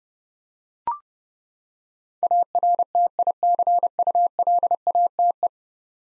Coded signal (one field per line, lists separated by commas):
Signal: Morse code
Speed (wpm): 32 wpm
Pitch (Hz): 700 Hz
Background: none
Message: ARTICULATE